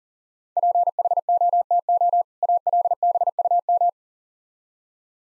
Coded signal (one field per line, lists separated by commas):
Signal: Morse code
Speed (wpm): 40 wpm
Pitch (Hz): 700 Hz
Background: none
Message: PHOTO ALBUM